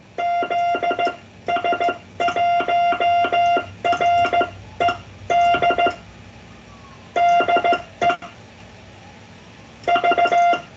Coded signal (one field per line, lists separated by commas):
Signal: Morse code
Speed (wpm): 15 wpm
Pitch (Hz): 700 Hz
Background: none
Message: ZS1RED DE V